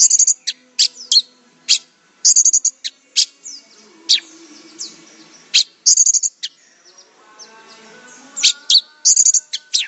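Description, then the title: Orange-headed thrush song: bursts of high, rapid chattering notes alternating with thin whistles, phrases separated by brief pauses. "Anis Merah"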